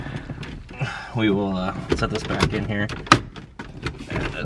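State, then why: Seated. A car radio head unit is set back into its dashboard opening after the wiring is tucked back, while someone talks. It is pushed in until it latches, with clicks at about 3.6 s and 3.9 s as it seats.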